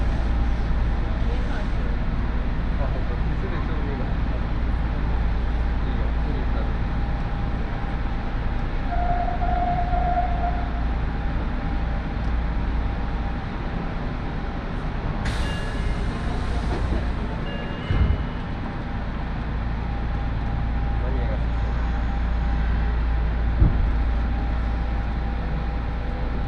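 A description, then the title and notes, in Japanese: A steady low rumble of a train ride on the Aonami and Higashiyama lines, with a brief tone near ten seconds and soft knocks around eighteen. 鉄道旅 あおなみ線・東山線 金城ふ頭→荒子・高畑→名古屋。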